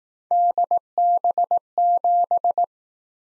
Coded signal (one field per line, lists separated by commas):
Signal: Morse code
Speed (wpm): 19 wpm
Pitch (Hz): 700 Hz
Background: none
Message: DB7